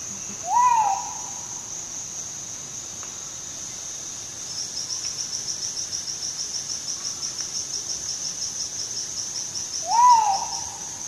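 Crinkle-collared manucode giving two slurred whistled calls about nine seconds apart, while insects drone and pulse steadily at high pitch.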